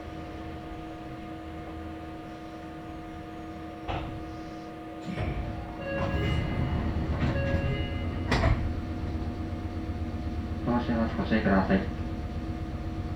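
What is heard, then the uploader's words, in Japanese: A local train on the Meitetsu Kakamigahara Line, with a steady low rumble and a few fixed humming tones throughout. Around five seconds the running noise swells, with clicks and knocks scattered up to a sharp bang near eight seconds, and a voice at about eleven seconds. 名古屋鉄道各務原線 新加納→犬山 普通列車。だいぶ日も西に傾いてきた頃です。細かく停車していきます。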